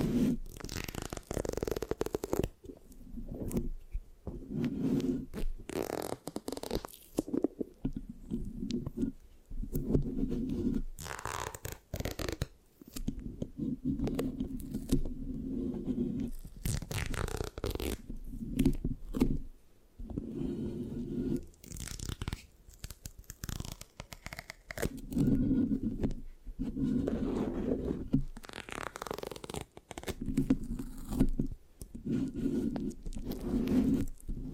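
Mic scratching with sticky, tacky rubbing sounds in dense bursts and short pauses, mostly low and thick, with sharp crackly flicks throughout.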